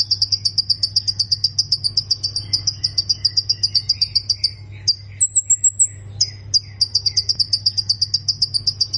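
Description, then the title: Prinia song: a rapid, evenly repeated buzzy note series, pausing once for a higher trill, then resuming, over a continuous low hum. "Ciblek Sawah"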